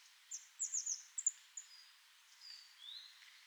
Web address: SETE data Cyanistes caeruleus